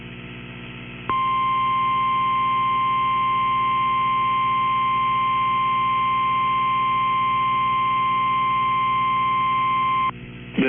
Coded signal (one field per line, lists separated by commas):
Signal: Emergency Alert System (SAME) tones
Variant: 1050 Hz attention tone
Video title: Tornado Warning (AL and TN) (5/20/25) [EAS #179]